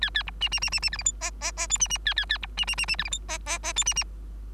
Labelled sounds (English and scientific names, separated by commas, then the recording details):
Bengalese Finch (Lonchura striata domestica) song
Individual Bird3